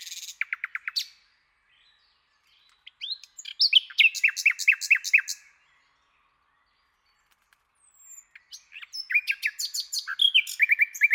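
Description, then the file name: Common nightingale song: a short trill, a silence, a phrase of fast repeated notes, another long silence, then a final burst of varied chirps and repeated notes. "Luscinia megarhynchos"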